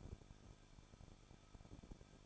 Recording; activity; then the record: daily activity, microphone in the room; no activity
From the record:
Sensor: 5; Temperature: 20.9 degrees Celsius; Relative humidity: 38.1%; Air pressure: 1006.4 hPa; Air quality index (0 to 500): 187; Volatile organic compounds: 18 ppm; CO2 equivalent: 2620 ppm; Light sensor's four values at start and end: 2/3/1/1 and 2/3/1/1